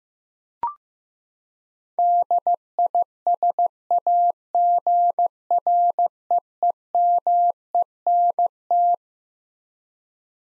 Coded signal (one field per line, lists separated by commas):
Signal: Morse code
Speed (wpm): 15 wpm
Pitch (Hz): 700 Hz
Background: none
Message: DISAGREEMENT